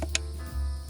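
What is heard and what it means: A wiring harness connector is pushed onto an installed ignition coil on a 2007 Saturn Vue during a tune-up, giving a short, sharp click at 0.15 s over a steady low hum. The connector is seated on the coil.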